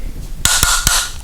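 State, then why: Torque reached. A torque tool tightens a Yakima roof rack adjuster clamp on a 2019 Hyundai Santa Fe until it clicks at 0.4 seconds, showing the clamp is at the proper torque. Two further sharp clicks follow at 0.6 and 0.9 seconds over a steady bright hiss.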